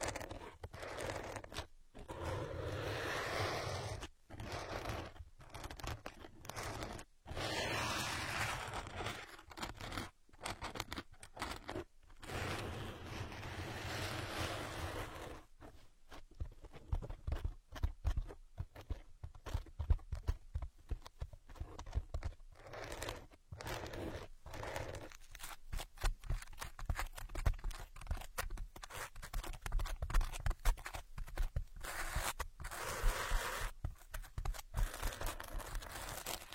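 Ear cleaning with dense, rough scratching and rubbing, broken by brief silent gaps every second or two. After about fifteen seconds the sound thins into sparser crackling and quick taps, with a short surge of scraping near the end.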